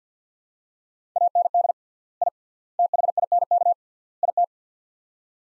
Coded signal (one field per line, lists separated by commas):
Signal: Morse code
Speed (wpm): 50 wpm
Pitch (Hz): 700 Hz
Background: none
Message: AND I THINK IT